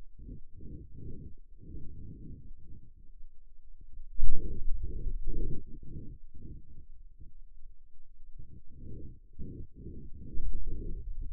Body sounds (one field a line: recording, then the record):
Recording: forearm muscle sounds (acoustic myography)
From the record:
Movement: finger pinch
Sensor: system 2, bracelet of six BSWA MPA416 microphones around the upper forearm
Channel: 6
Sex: male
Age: 22 years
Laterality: right